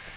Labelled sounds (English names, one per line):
Magnolia Warbler flight call